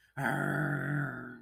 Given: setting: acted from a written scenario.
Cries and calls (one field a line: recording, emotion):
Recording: vocal sound without words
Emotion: anger